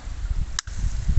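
The locking latch of a Gen3 MicroRoni carbine conversion chassis is snapped shut after a Gen4 G19 pistol has been slid into it. Over low, rumbling background noise, a single loud, sharp snap lands at 0.6 s, followed by a brief dip into near-silence. The latch closes and the chassis is locked.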